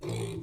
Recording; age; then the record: pig call; weaner (32 to 43 days)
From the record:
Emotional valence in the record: negative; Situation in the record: short isolation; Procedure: open field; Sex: female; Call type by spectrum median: low-frequency call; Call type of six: low-frequency stable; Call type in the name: low-frequency stable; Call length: 0.43 s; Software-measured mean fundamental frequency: 56 Hz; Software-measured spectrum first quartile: 189 Hz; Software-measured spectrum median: 412 Hz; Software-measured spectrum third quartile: 1771 Hz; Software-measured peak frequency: 385 Hz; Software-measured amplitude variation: 106 dB a second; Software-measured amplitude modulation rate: 32.8 a second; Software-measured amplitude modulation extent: 3.2 dB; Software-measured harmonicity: 2.0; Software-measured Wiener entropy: -3.16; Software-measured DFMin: 1166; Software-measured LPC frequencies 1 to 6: 369, 2299, 3446, 4011, 5699, 7290 Hz